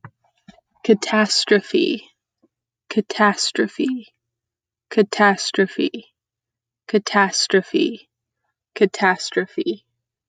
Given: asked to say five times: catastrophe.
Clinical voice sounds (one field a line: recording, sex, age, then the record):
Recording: repeated word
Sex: female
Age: 20 to 29 years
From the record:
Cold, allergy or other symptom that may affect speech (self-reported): no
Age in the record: 23 years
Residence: California, United States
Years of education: 14